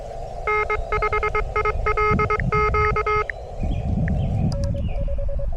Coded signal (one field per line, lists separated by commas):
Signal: Morse code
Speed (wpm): 23 wpm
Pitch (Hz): 1280 Hz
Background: none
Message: N5ILQ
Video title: Ham radio (POTA) along the Trans-America Trail